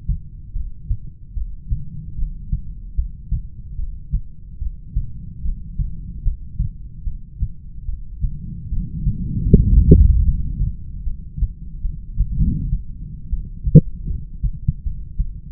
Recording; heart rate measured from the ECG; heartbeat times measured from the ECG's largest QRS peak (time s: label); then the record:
heart sounds by stethoscope; 75 bpm
0.54 s: heartbeat
1.35 s: heartbeat
2.17 s: heartbeat
2.96 s: heartbeat
3.77 s: heartbeat
4.60 s: heartbeat
5.43 s: heartbeat
6.25 s: heartbeat
7.05 s: heartbeat
7.86 s: heartbeat
8.70 s: heartbeat
9.51 s: heartbeat
10.26 s: heartbeat
11.05 s: heartbeat
11.83 s: heartbeat
12.39 s: heartbeat
13.31 s: heartbeat
14.09 s: heartbeat
14.84 s: heartbeat
From the record:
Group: heart failure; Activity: rest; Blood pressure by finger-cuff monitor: 81/51 mmHg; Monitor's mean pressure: 62 mmHg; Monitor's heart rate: 75 bpm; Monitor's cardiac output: 7.3 L/min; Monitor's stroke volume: 97 mL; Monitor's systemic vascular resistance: 590 dyn s/cm5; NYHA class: 1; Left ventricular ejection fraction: 39%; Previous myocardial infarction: absent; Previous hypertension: present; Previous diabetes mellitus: absent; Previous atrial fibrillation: absent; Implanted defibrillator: absent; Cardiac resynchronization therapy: absent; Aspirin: absent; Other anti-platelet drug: absent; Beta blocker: carvedilol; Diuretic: furosemide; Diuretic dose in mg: 20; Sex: male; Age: 60 years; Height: 178 cm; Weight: 62 kg